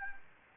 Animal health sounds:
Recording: mosquito wingbeat signal from an infrared sensor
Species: Anopheles gambiae

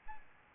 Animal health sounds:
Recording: mosquito wingbeat signal from an infrared sensor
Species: Aedes albopictus

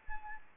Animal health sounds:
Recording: mosquito wingbeat signal from an infrared sensor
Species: Anopheles arabiensis

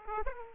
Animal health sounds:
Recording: mosquito wingbeat signal from an infrared sensor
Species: Aedes aegypti

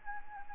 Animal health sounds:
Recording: mosquito wingbeat signal from an infrared sensor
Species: Anopheles arabiensis

